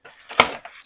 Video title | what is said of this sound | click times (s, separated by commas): BUDGET GAMING PC BUILD!!! RADEON RX 9060XT 16GB!!! RYZEN 5 7600x!!! | There you go. Now we hear it click. | 0.4 s